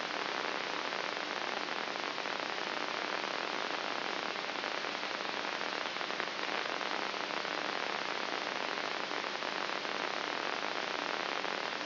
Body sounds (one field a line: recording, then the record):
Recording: brain microelectrode recording played as sound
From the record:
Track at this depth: inside the subthalamic nucleus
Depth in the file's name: 5.04 mm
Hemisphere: right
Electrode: 3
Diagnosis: Parkinson's disease